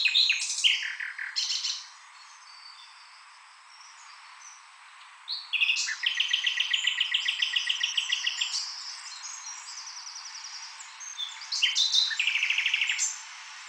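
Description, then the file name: Common nightingale song: scratchy notes, a quiet gap, then a long rapid repeated-note trill and further loud repeated phrases. "Luscinia megarhynchos"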